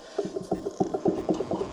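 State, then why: Stripped. A bolt or nut on a dump trailer is turned with a ratchet-type tool, giving a steady run of ratchet-and-pawl clicks. Sharp clicks land at about 0.5, 0.8, 0.9, 1.1 and 1.3 seconds. The fastener has stripped out and is just spinning as it is ratcheted.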